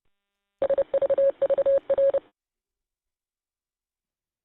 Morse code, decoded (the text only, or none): SVVR